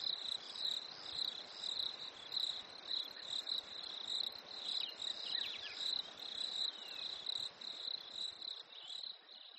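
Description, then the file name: Shrill cricket chirps pulse rapidly, joined by a couple of short sliding bird calls around the middle. Nature ambience at a lake in winter, with crickets and birds. "smartsound ATMO NATURE Fresh Winter Lake Crickets Birds"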